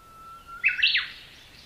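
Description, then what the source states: Bush warbler song: a long, steady whistle held for over half a second, then an abrupt burst of a quick, higher flourish. Recorded April 2007.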